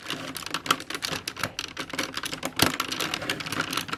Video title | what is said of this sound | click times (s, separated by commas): Thunder Megazord Review - Mighty Morphin Power Rangers | in the back there should be tabs in the back for it to snap | 0.7 s, 2.6 s